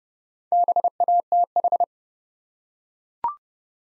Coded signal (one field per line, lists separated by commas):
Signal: Morse code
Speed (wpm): 30 wpm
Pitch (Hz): 700 Hz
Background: none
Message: BATH